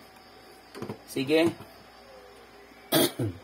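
Someone talks while handling the printhead carriage of an Epson ink tank printer (L3110, L31210, L3250, L510) during replacement of the encoder strip, which may cause the printhead to jump. The carriage is being moved toward its lock position, with a brief handling sound at 0.8 s. Nothing has seated or clicked yet.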